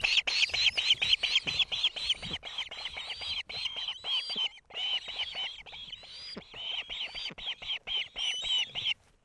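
Osprey chicks begging in a long run of quick harsh chirps, mixed with thin rising whistles, pausing briefly midway.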